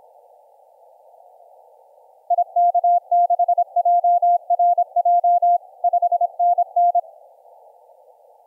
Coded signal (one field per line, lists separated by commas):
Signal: Morse code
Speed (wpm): 26 wpm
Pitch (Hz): 700 Hz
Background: none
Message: IK6JRJ 5NN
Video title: 9N7CI - IU1DOF on 15m CW